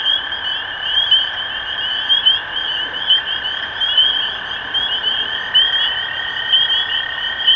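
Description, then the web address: Spring peepers calling en masse, high clear peeps overlapping thickly, with a continuous lower trill humming beneath throughout. Recorded 23 March 2012. "rob animals Peepers-2012-0323"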